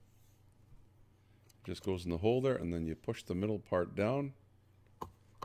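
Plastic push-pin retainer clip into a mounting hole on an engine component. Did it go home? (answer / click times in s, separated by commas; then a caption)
yes / 5.0 s, 5.4 s. A plastic push-pin retainer clip is set into its mounting hole on an engine-bay piece during an oil filter cooler housing replacement on a 3.6 Pentastar engine (Caravan, Town & Country, Routan), and its center pin is pressed down so the clip locks. Someone talks, then two sharp clicks sound at 5.0 s and 5.4 s as the clip locks into place.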